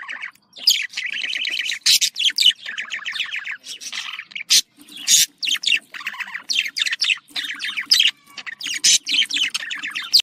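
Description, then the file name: Lovebird song with fast buzzy chatter and shrill chirps running almost without pause, broken by sharp loud squawks. "Avaz Morgh Eshgh"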